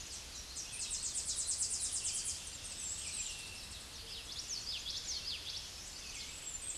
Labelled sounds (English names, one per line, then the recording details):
Common Yellowthroat song
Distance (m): 15 m
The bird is about 5 m above the microphone
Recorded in a Pennsylvania forest on 16 May 2024 at 08:23
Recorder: AudioMoth, point MSD-2039
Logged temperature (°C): 15.0 °C
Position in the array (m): 78 m, 99 m